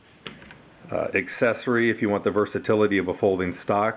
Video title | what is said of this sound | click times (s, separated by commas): LAN World Presents the HERA Arms Triarii Pistol Conversion Stock Options | and locks in place uh really cool | 0.3 s